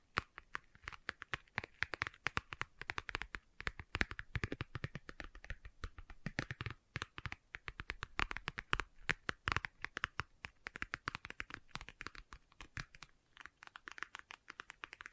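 Fingers tap and scratch on leather in quick, uneven bursts that continue for the whole stretch. The taps are sharp and dry, like typing, some harder than others, with brief pauses around four, seven and twelve seconds before the rapid tapping resumes.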